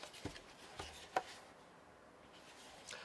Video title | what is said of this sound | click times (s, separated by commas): Ryobi P781 330 Lumen LED Area Light Sold By Home Depot | just snaps right in | 1.2 s